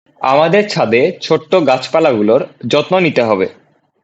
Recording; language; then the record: elicited speech; Bengali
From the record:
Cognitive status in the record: cognitively healthy